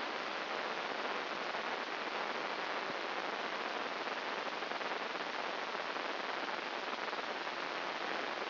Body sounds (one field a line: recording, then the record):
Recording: brain microelectrode recording played as sound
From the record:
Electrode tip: inside the subthalamic nucleus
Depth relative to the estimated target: 3 mm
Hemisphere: left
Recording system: AlphaMap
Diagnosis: Parkinson's disease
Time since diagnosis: 14 years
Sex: female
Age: 58 years